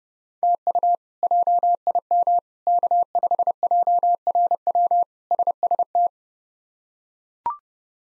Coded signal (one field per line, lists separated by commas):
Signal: Morse code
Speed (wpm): 30 wpm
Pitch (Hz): 700 Hz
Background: none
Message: TU JIM K5JRW SST